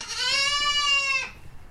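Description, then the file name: Goat kid bleat: a single sustained, strongly harmonic baa lasting a little over a second, steady in pitch, then ending abruptly. Boer kid goat. "ANIMAL GOAT BOER KID SMITHY BAA"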